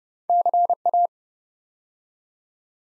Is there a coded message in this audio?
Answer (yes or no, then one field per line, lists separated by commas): yes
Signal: Morse code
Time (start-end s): 0.3-1.1 s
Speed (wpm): 31 wpm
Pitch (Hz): 700 Hz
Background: none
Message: CA